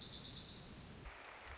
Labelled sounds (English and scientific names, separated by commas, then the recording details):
Pacific Wren (Troglodytes pacificus)
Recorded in Sonoma County, California